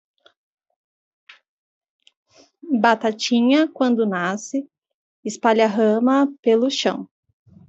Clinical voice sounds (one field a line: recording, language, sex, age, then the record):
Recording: short text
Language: Brazilian Portuguese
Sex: female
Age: 20 to 29 years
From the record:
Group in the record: control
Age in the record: 28 years